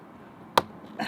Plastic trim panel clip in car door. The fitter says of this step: a couple little little clicks here you